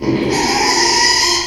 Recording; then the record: squeal of a Yucatan mini pig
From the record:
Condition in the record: after surgery on the right vocal fold (resection and tissue-engineered implant); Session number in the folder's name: 2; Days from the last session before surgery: 13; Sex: male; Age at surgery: 12 weeks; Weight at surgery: 13 kg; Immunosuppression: cyclosporine, prednisolone